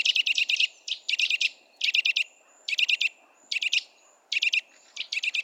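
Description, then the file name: Eurasian nuthatch calling in quick clusters of sharp, high chipping notes, the clusters repeated in steady succession, with a soft low hum behind. "Sitta europaea"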